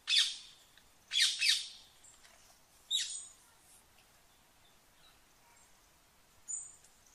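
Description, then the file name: Rose-ringed parakeet giving a few scattered shrill squawks with long quiet gaps and faint higher chirps between. "Canto do periquito indiano"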